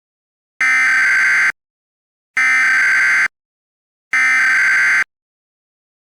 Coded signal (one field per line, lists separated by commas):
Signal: Emergency Alert System (SAME) tones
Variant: header bursts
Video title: EAS Scenario #11: THE MOST BRUTAL WINTER IN HUMAN EXISTANCE